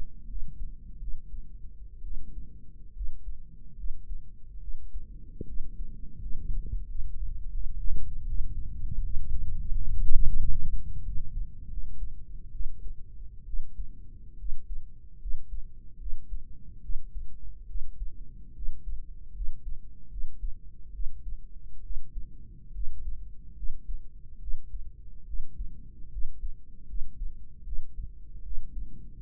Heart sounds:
heart sounds by microphone in the right ear; 75 bpm
0.26 s: heartbeat
0.98 s: heartbeat
2.01 s: heartbeat
2.92 s: heartbeat
3.74 s: heartbeat
4.58 s: heartbeat
5.44 s: heartbeat
6.18 s: heartbeat
6.85 s: heartbeat
7.50 s: heartbeat
8.25 s: heartbeat
9.00 s: heartbeat
9.71 s: heartbeat
10.39 s: heartbeat
11.02 s: heartbeat
11.68 s: heartbeat
12.51 s: heartbeat
13.44 s: heartbeat
14.36 s: heartbeat
15.17 s: heartbeat
15.97 s: heartbeat
16.80 s: heartbeat
17.65 s: heartbeat
18.52 s: heartbeat
19.32 s: heartbeat
20.07 s: heartbeat
20.90 s: heartbeat
21.80 s: heartbeat
22.71 s: heartbeat
23.53 s: heartbeat
24.38 s: heartbeat
25.23 s: heartbeat
26.08 s: heartbeat
26.85 s: heartbeat
27.62 s: heartbeat
28.41 s: heartbeat
29.18 s: heartbeat
From the record:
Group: healthy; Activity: rest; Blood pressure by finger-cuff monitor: 108/71 mmHg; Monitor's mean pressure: 81 mmHg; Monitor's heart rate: 75 bpm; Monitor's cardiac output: 5.7 L/min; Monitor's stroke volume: 77 mL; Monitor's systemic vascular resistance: 1030 dyn s/cm5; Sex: female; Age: 23 years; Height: 160 cm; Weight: 50.4 kg

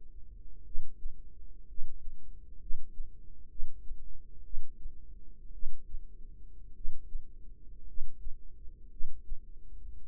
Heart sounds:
heart sounds by microphone in the right ear; 58 bpm
0.62 s: heartbeat
1.65 s: heartbeat
2.57 s: heartbeat
3.47 s: heartbeat
4.42 s: heartbeat
5.50 s: heartbeat
6.72 s: heartbeat
7.84 s: heartbeat
8.88 s: heartbeat
9.99 s: heartbeat
From the record:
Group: healthy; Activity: cold pressor test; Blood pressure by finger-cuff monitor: 132/57 mmHg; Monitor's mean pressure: 84 mmHg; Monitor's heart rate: 55 bpm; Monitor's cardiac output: 6.6 L/min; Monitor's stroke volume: 116 mL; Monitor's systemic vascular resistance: 930 dyn s/cm5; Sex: male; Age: 25 years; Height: 170 cm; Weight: 70.4 kg

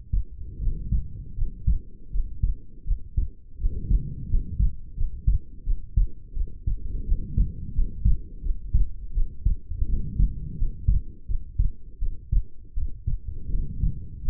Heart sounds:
heart sounds by stethoscope; 84 bpm
0.58 s: heartbeat
1.34 s: heartbeat
2.09 s: heartbeat
2.84 s: heartbeat
3.57 s: heartbeat
4.27 s: heartbeat
4.94 s: heartbeat
5.63 s: heartbeat
6.33 s: heartbeat
7.04 s: heartbeat
7.72 s: heartbeat
8.41 s: heartbeat
9.12 s: heartbeat
9.85 s: heartbeat
10.55 s: heartbeat
11.26 s: heartbeat
11.99 s: heartbeat
12.74 s: heartbeat
13.50 s: heartbeat
14.22 s: heartbeat
From the record:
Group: healthy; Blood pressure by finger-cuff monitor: 102/65 mmHg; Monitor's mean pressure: 81 mmHg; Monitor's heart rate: 82 bpm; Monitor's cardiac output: 7.6 L/min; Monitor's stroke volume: 92 mL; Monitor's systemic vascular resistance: 760 dyn s/cm5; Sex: female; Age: 22 years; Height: 160 cm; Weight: 45 kg

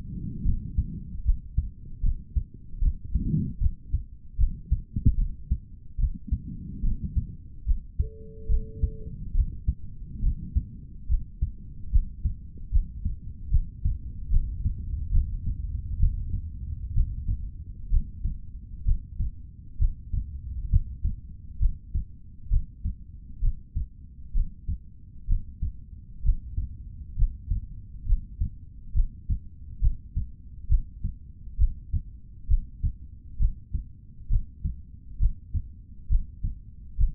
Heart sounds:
heart sounds by stethoscope; 69 bpm
0.43 s: heartbeat
1.23 s: heartbeat
2.01 s: heartbeat
2.80 s: heartbeat
3.59 s: heartbeat
4.37 s: heartbeat
5.16 s: heartbeat
5.97 s: heartbeat
6.81 s: heartbeat
7.64 s: heartbeat
8.47 s: heartbeat
9.33 s: heartbeat
10.21 s: heartbeat
11.07 s: heartbeat
11.90 s: heartbeat
12.70 s: heartbeat
13.49 s: heartbeat
14.29 s: heartbeat
15.11 s: heartbeat
15.98 s: heartbeat
16.93 s: heartbeat
17.89 s: heartbeat
18.84 s: heartbeat
19.78 s: heartbeat
20.69 s: heartbeat
21.58 s: heartbeat
22.49 s: heartbeat
23.40 s: heartbeat
24.32 s: heartbeat
25.26 s: heartbeat
26.22 s: heartbeat
27.15 s: heartbeat
28.05 s: heartbeat
28.93 s: heartbeat
29.79 s: heartbeat
30.67 s: heartbeat
31.57 s: heartbeat
32.47 s: heartbeat
33.37 s: heartbeat
34.28 s: heartbeat
35.18 s: heartbeat
36.08 s: heartbeat
36.96 s: heartbeat
From the record:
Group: healthy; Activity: rest 0-8 s, breath hold 8-37 s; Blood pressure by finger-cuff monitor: 125/73 mmHg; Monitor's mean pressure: 91 mmHg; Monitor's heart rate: 68 bpm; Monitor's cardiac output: 4.1 L/min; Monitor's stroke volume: 58 mL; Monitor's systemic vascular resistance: 1660 dyn s/cm5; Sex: male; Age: 55 years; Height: 167 cm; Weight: 57.2 kg

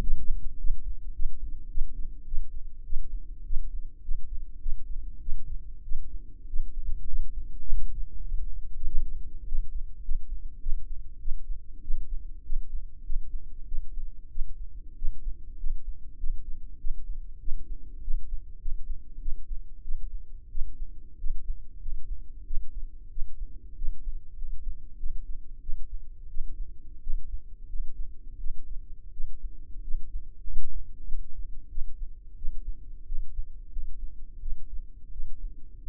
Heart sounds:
heart sounds by microphone in the left ear; 95 bpm
0.01 s: heartbeat
0.59 s: heartbeat
1.14 s: heartbeat
1.70 s: heartbeat
2.26 s: heartbeat
2.85 s: heartbeat
3.45 s: heartbeat
4.03 s: heartbeat
4.61 s: heartbeat
5.21 s: heartbeat
5.84 s: heartbeat
6.48 s: heartbeat
7.08 s: heartbeat
7.67 s: heartbeat
8.26 s: heartbeat
8.86 s: heartbeat
9.47 s: heartbeat
10.03 s: heartbeat
10.61 s: heartbeat
11.20 s: heartbeat
11.82 s: heartbeat
12.44 s: heartbeat
13.04 s: heartbeat
13.66 s: heartbeat
14.29 s: heartbeat
14.96 s: heartbeat
15.58 s: heartbeat
16.18 s: heartbeat
16.79 s: heartbeat
17.40 s: heartbeat
18.02 s: heartbeat
18.60 s: heartbeat
19.20 s: heartbeat
19.82 s: heartbeat
20.49 s: heartbeat
21.18 s: heartbeat
21.80 s: heartbeat
22.45 s: heartbeat
23.10 s: heartbeat
23.76 s: heartbeat
24.37 s: heartbeat
24.98 s: heartbeat
25.61 s: heartbeat
26.28 s: heartbeat
27.01 s: heartbeat
27.68 s: heartbeat
28.38 s: heartbeat
29.12 s: heartbeat
29.82 s: heartbeat
30.44 s: heartbeat
31.06 s: heartbeat
31.69 s: heartbeat
32.36 s: heartbeat
33.06 s: heartbeat
33.71 s: heartbeat
34.40 s: heartbeat
35.11 s: heartbeat
35.83 s: heartbeat
From the record:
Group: healthy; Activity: rest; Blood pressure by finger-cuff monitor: 89/60 mmHg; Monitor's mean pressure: 70 mmHg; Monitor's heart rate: 97 bpm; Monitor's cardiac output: 7.5 L/min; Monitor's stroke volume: 77 mL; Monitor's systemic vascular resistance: 670 dyn s/cm5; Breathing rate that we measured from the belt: 21 breaths a minute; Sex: female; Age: 19 years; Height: 163 cm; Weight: 48.9 kg

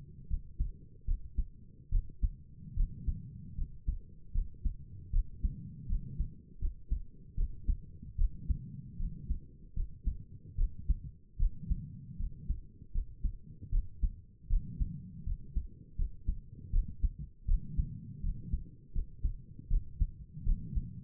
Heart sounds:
heart sounds by stethoscope; 77 bpm
0.29 s: heartbeat
1.06 s: heartbeat
1.91 s: heartbeat
2.76 s: heartbeat
3.57 s: heartbeat
4.33 s: heartbeat
5.12 s: heartbeat
5.88 s: heartbeat
6.60 s: heartbeat
7.36 s: heartbeat
8.17 s: heartbeat
8.98 s: heartbeat
9.75 s: heartbeat
10.57 s: heartbeat
11.38 s: heartbeat
12.18 s: heartbeat
12.93 s: heartbeat
13.71 s: heartbeat
14.49 s: heartbeat
15.25 s: heartbeat
15.97 s: heartbeat
16.72 s: heartbeat
17.47 s: heartbeat
18.22 s: heartbeat
18.94 s: heartbeat
19.69 s: heartbeat
20.45 s: heartbeat
From the record:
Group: healthy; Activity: rest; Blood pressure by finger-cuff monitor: 99/66 mmHg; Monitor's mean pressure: 75 mmHg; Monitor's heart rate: 78 bpm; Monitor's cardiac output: 5.9 L/min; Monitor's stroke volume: 77 mL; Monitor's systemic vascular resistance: 890 dyn s/cm5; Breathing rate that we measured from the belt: 20 breaths a minute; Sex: female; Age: 22 years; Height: 163 cm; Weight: 67.1 kg

